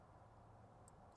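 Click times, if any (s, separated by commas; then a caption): 0.9 s. Pin 10 of the wiring harness for a Ford Raptor steering wheel being installed in an F250 or F150 is pushed into its plastic connector housing over a steady low hum. A single sharp, bright click at 0.9 s marks the wire terminal seating in the connector.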